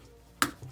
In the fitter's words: click into place rotate the arms 180°